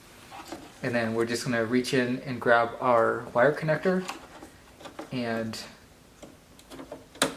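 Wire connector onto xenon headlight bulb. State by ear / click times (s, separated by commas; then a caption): seated / 7.2 s. Someone talks as a wire connector is reached for and pushed onto the D2S xenon headlight bulb inside the headlight housing of a 2005-2009 Range Rover Sport. A few soft handling taps follow, then a sharp plastic click at 7.2 s as the connector seats in place.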